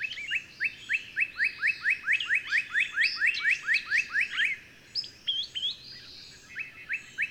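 Bird song: a rapid series of short upswept notes, then scattered notes with higher chips and whistles.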